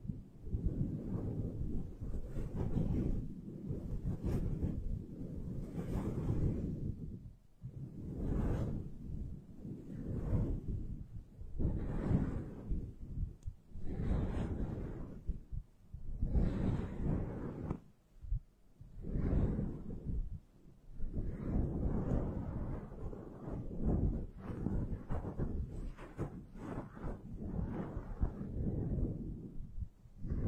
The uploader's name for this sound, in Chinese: 麦克风防风棉套触发